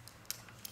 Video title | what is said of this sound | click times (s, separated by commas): Spongebob Squarepants The Spongebob Movie Sponge Out Of Water Pop-A-Part Spongebob Action Figure | he had a snap right in there really easy to put together | 0.3 s